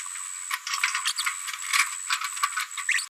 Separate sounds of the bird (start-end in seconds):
0.83-0.85, 1.07-1.12, 1.18-1.22, 2.88-2.93